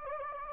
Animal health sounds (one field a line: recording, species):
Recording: mosquito wingbeat signal from an infrared sensor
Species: Anopheles gambiae